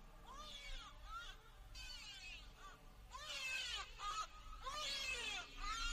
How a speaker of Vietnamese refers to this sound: Vừa quay người đi được mấy bước thì bọn trẻ con giật mình, nghe thấy đâu đó quanh đây có tiếng trẻ con khóc. Tiếng khóc vặn vẹo vang lên tứ phía, làm cho cả đám trẻ giật mình.